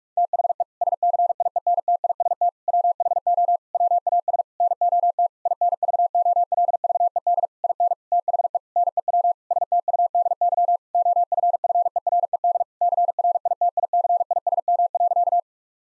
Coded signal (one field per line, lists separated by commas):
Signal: Morse code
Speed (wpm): 46 wpm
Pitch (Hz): 700 Hz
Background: none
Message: THE SCIENTIST WHO WAS NOT INVOLVED IN THE NEW STUDY OFFERED CRITICISM.